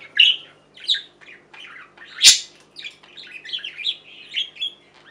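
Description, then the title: Budgerigar chatter of short chirps and warbled notes, with one loud harsh squawk near the middle. "Budgie Sounds"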